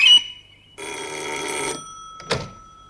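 A telephone bell rings in a single long burst of bright, metallic clatter lasting about a second, followed by a shorter jangle, with no one speaking.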